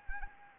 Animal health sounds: mosquito wingbeat signal from an infrared sensor; Anopheles arabiensis

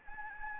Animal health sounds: mosquito wingbeat signal from an infrared sensor; Anopheles gambiae

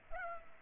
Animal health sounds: mosquito wingbeat signal from an infrared sensor; Culex pipiens

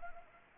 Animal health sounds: mosquito wingbeat signal from an infrared sensor; Anopheles arabiensis

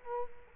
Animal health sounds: mosquito wingbeat signal from an infrared sensor; Culex quinquefasciatus

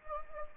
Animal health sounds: mosquito wingbeat signal from an infrared sensor; Anopheles gambiae

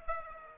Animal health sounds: mosquito wingbeat signal from an infrared sensor; Aedes aegypti

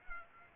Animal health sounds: mosquito wingbeat signal from an infrared sensor; Aedes aegypti

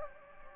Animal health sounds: mosquito wingbeat signal from an infrared sensor; Anopheles gambiae

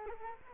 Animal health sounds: mosquito wingbeat signal from an infrared sensor; Culex quinquefasciatus

